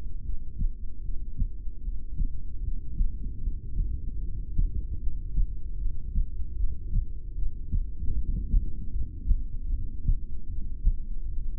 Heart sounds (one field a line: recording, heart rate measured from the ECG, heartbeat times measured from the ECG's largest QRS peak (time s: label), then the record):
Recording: heart sounds by stethoscope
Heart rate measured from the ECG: 76 bpm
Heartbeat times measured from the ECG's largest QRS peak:
0.20 s: heartbeat
1.00 s: heartbeat
1.79 s: heartbeat
2.59 s: heartbeat
3.38 s: heartbeat
4.17 s: heartbeat
4.96 s: heartbeat
5.75 s: heartbeat
6.53 s: heartbeat
7.32 s: heartbeat
8.11 s: heartbeat
8.88 s: heartbeat
9.66 s: heartbeat
10.45 s: heartbeat
11.25 s: heartbeat
From the record:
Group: heart failure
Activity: rest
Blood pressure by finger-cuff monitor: 86/59 mmHg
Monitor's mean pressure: 69 mmHg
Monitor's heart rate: 76 bpm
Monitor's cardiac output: 6.2 L/min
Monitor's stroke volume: 81 mL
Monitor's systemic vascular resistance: 800 dyn s/cm5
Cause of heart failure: ischemic heart disease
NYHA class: 2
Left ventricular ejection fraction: 28%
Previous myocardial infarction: present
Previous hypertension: present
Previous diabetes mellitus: present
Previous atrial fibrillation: present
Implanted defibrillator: present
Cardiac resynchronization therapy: present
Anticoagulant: apixaban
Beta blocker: bisoprolol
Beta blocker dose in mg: 10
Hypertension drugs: sacubitril-valsartan, spironolactone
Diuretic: furosemide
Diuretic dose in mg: 20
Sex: male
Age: 62 years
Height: 178 cm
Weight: 88.3 kg